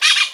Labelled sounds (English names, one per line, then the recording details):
Brown-throated Parakeet contact call
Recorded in Venezuela
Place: Guárico; Corozopando; Fundo La Fe
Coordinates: 8.506, -67.593